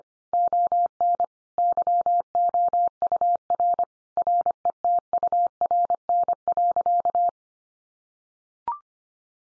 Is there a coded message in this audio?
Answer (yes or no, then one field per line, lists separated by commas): yes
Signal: Morse code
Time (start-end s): 0.3-7.3 s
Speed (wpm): 25 wpm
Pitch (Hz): 700 Hz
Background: none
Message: ON YOUR RETURN.